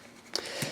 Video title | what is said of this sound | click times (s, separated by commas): Bandai DX Chogokin VF-19 Advance from Macross Frontier review Part 2- CollectionDX | and you just kind of have to work it until it clicks into place | 0.4 s